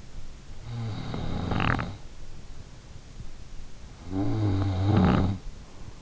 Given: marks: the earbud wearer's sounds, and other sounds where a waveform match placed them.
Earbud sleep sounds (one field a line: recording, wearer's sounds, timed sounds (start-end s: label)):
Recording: sounds in sleep by an in-ear microphone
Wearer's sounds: snoring breath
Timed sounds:
0.00-2.45 s: snoring breath
3.65-5.99 s: snoring breath